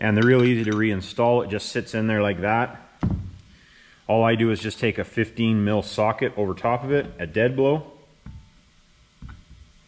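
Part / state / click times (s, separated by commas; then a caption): valve in engine oil filter housing / not seated / none. Someone talks while a small valve sits in its bore in the oil filter housing of a 12-valve Cummins engine, ready to be driven in with a dead blow hammer on a 15 mm socket placed over it. Brief knocks are heard at about 3.0 and 3.1 seconds, and a faint one at 8.3 seconds. The clip ends before the valve goes home, so nothing has seated yet.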